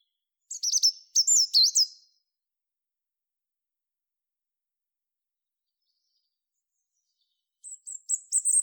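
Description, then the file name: European robin song: two quick, high, tumbling warbled phrases, a long silence, then a thin run of very high repeated notes near the end; nothing else heard. "Erithacus rubecula"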